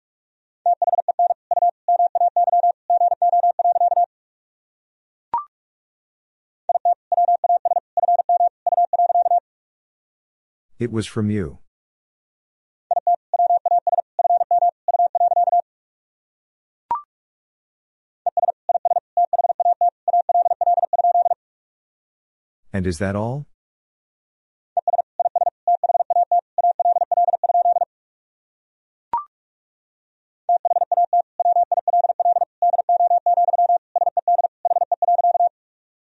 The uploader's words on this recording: These sentences are composed of the Top 100 words and Morse code abbreviations. First, the words and abbreviations are sent in Morse code. Then it is spoken. 45wpm.